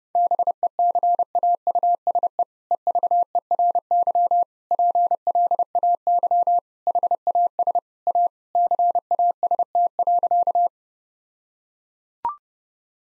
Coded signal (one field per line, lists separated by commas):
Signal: Morse code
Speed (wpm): 30 wpm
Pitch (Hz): 700 Hz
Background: none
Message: BECAUSE EVERY PLAY HAS A CAST.